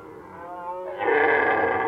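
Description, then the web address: Red deer roar that starts as a moaning tone and swells into a loud, rasping bellow. Recorded in Valsolda. "cibra valsolda. Cervo"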